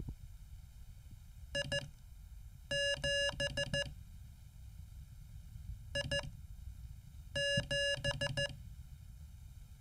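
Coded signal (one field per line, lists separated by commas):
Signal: Morse code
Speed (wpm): 14 wpm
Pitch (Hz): 1700 Hz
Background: none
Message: I7 I7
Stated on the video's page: Morse lesson homework drilling a letter followed by a number, as in call signs.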